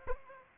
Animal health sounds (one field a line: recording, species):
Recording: mosquito wingbeat signal from an infrared sensor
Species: Aedes aegypti